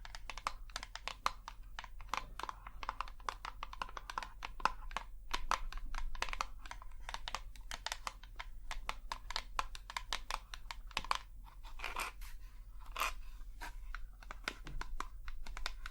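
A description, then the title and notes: Quick, irregular tapping clicks run continuously, crisp and dense, with a few louder crinkly bursts near twelve and thirteen seconds over a low hum. ASMR Tapping. Long Nails, No Talking.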